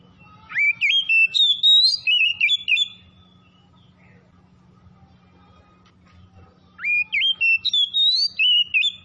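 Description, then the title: Oriental magpie-robin song: two bursts of loud, rich whistled notes, each opening with a sharp upward sweep, separated by about four seconds of quiet, with a faint low hum beneath. "Kacer Tretes"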